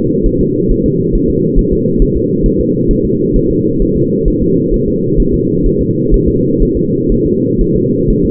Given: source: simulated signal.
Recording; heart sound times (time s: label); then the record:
fetal heart sounds
0.26 s: S1
0.41 s: S2
0.71 s: S1
0.86 s: S2
1.15 s: S1
1.30 s: S2
1.59 s: S1
1.73 s: S2
2.02 s: S1
2.17 s: S2
2.46 s: S1
2.61 s: S2
2.91 s: S1
3.05 s: S2
3.36 s: S1
3.51 s: S2
3.82 s: S1
3.97 s: S2
4.28 s: S1
4.43 s: S2
4.74 s: S1
4.88 s: S2
5.20 s: S1
5.34 s: S2
5.66 s: S1
5.81 s: S2
6.14 s: S1
6.28 s: S2
6.62 s: S1
6.77 s: S2
7.12 s: S1
7.26 s: S2
7.61 s: S1
7.76 s: S2
8.10 s: S1
8.25 s: S2
From the record:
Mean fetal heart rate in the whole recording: 130 bpm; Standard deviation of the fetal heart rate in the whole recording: 4 bpm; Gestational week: 38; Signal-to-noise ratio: -11.2 dB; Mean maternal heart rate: 72 bpm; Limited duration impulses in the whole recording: present